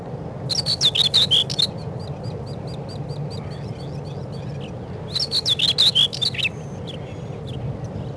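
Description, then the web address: Common Whitethroat song: two short, scratchy, hurried warbling phrases a few seconds apart, over a steady low rumble of background noise. Recorded in spring. "vremena vesna 25 slavka seraja"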